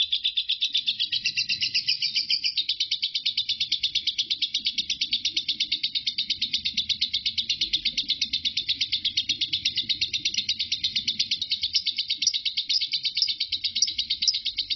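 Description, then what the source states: Lovebird ngekek song: a long, steady stream of rapid high chirping pulses, almost insect-like, continuing unbroken over soft low background noise. Lovebird named Marco singing ngekek; recording lasts 5 minutes 25 seconds.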